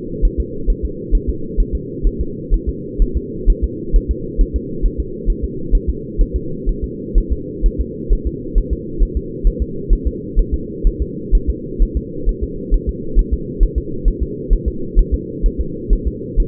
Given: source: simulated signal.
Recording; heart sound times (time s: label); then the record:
fetal heart sounds
0.25 s: S1
0.40 s: S2
0.70 s: S1
0.85 s: S2
1.15 s: S1
1.29 s: S2
1.60 s: S1
1.75 s: S2
2.07 s: S1
2.21 s: S2
2.54 s: S1
2.69 s: S2
3.02 s: S1
3.17 s: S2
3.50 s: S1
3.64 s: S2
3.96 s: S1
4.11 s: S2
4.41 s: S1
4.56 s: S2
4.85 s: S1
5.00 s: S2
5.30 s: S1
5.44 s: S2
5.75 s: S1
5.89 s: S2
6.21 s: S1
6.36 s: S2
6.69 s: S1
6.84 s: S2
7.18 s: S1
7.32 s: S2
7.66 s: S1
7.80 s: S2
8.13 s: S1
8.27 s: S2
8.58 s: S1
8.73 s: S2
9.03 s: S1
9.17 s: S2
9.47 s: S1
9.62 s: S2
9.93 s: S1
10.07 s: S2
10.39 s: S1
10.54 s: S2
10.87 s: S1
11.02 s: S2
11.35 s: S1
11.50 s: S2
11.82 s: S1
11.97 s: S2
12.29 s: S1
12.43 s: S2
12.74 s: S1
12.89 s: S2
13.19 s: S1
13.33 s: S2
13.63 s: S1
13.78 s: S2
14.08 s: S1
14.22 s: S2
14.53 s: S1
14.68 s: S2
14.99 s: S1
15.14 s: S2
15.46 s: S1
15.60 s: S2
15.93 s: S1
16.07 s: S2
16.40 s: S1
From the record:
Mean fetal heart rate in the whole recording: 130 bpm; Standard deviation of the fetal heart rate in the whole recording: 4 bpm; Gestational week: 38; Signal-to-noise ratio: -4.3 dB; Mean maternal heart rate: 72 bpm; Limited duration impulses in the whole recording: absent